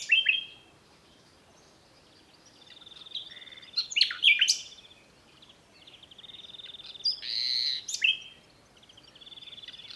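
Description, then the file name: Common nightingale song: scattered whistles, sharp chirps and buzzy notes in loose phrases over a steady soft background hiss. "Luscinia megarhynchos"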